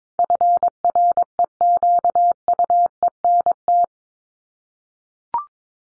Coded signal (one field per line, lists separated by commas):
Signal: Morse code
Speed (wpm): 22 wpm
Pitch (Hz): 700 Hz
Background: none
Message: FREQUENT